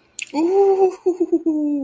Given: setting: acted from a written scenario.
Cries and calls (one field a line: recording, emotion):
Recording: vocal sound without words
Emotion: relief